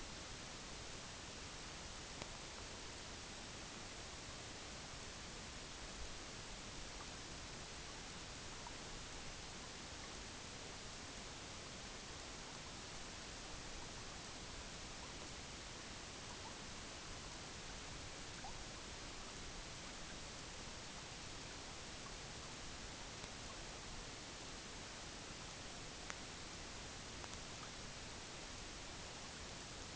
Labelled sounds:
none
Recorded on Arctic tundra, site EABA-MC, on 22 June 2019
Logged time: 18:00

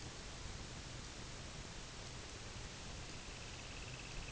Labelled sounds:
Semipalmated Sandpiper
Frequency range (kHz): Semipalmated Sandpiper 1.6-3.8 kHz
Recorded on Arctic tundra, site UTQI-0, on 22 June 2018
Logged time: 12:00

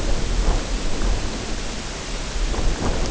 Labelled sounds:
none
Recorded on Arctic tundra, site UTQI-0, on 14 June 2019
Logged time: 16:00

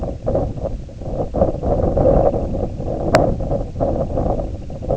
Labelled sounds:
Semipalmated Sandpiper
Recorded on Arctic tundra, site IGLO-A, on 20 June 2018
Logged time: 07:59

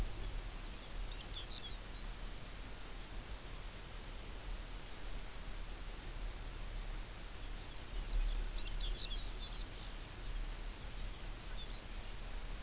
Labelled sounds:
Lapland Longspur
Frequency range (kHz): Lapland Longspur 1.8-5.9 kHz
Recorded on Arctic tundra, site UTQI-5, on 24 June 2018
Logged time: 12:00

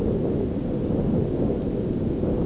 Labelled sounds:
none
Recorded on Arctic tundra, site ZACK-1, on 9 June 2019
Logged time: 17:49

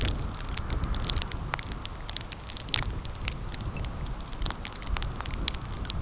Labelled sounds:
none
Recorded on Arctic tundra, site CORI-1, on 15 June 2018
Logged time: 10:00

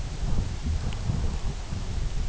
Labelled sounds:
none
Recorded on Arctic tundra, site UTQI-2, on 17 June 2019
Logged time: 08:00

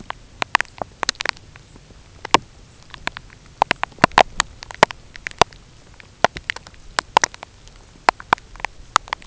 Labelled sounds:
none
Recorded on Arctic tundra, site UTQI-0, on 13 June 2019
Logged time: 10:00

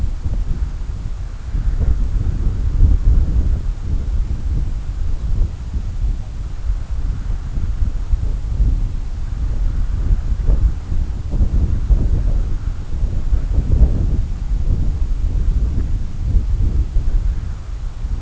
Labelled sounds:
none
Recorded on Arctic tundra, site CORI-1, on 20 June 2018
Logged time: 20:00

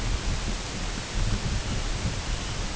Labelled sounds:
Dunlin
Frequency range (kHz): Dunlin 2.4-3.7 kHz
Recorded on Arctic tundra, site UTQI-8, on 14 June 2019
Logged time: 08:00

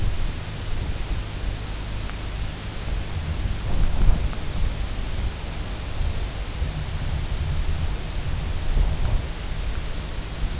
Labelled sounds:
none
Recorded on Arctic tundra, site UTQI-2, on 16 June 2019
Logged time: 00:00

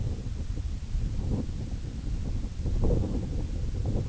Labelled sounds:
none
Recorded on Arctic tundra, site IGLO-A, on 21 June 2018
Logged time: 15:59

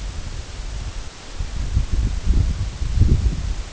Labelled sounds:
none
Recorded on Arctic tundra, site EABA-1, on 23 June 2018
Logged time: 22:00

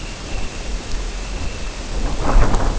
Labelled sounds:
Dunlin
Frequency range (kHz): Dunlin 2.4-3.4 kHz
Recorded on Arctic tundra, site UTQI-0, on 14 June 2019
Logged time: 16:00

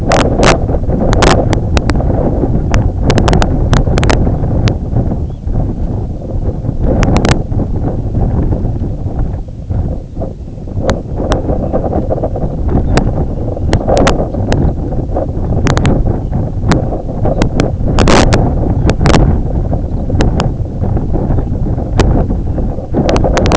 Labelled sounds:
Red Phalarope
unidentified sound
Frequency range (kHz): Red Phalarope 2.6-4.0 kHz
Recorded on Arctic tundra, site IGLO-A, on 18 June 2018
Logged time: 11:59

